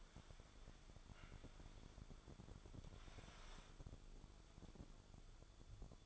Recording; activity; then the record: daily activity, microphone in the room; wipe stove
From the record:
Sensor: 5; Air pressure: 1015.2 hPa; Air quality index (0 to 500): 210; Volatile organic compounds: 11 ppm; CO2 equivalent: 2282 ppm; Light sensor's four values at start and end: 34/81/33/35 and 35/84/34/36